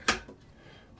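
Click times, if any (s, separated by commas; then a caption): 0.1 s. A Braun Series 8 electric shaver is placed head-down into the back of its cleaning station cradle and pushed down until it locks. A single sharp click sounds at 0.1 s, followed by a faint echo of it around 0.3 s and then quiet. The shaver is seated and locked in place.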